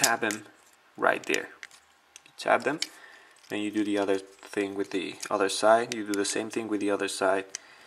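Someone talks while handling a transforming robot toy, working the plastic arm tab on its second side toward its slot in the toy body. Brief faint ticks of handling come around 2.2 s. Nothing has seated or clicked yet; the tab is not yet home when the clip ends.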